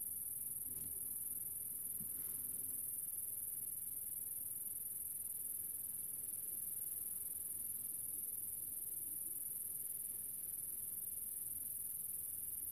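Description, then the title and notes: Grasshopper giving a steady, very high-pitched continuous buzz, with a couple of faint clicks in the first seconds and low rumbling in the background. Grasshopper in the countryside near the small town of General Alvear, recorded under the summer sun. "Grasshopper. in a small town called General Alvear. I found myself in the middle of the countryside under the summer sun and this little grasshoper appeard"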